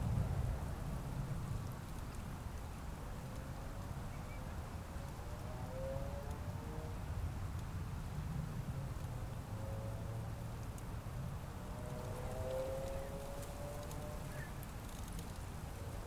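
Bees buzz in a gentle breeze, their faint droning tones drifting up and down, clearest around the sixth second and again near the twelfth to fourteenth. A steady low rumble of wind fills the whole recording with an even, dense rushing.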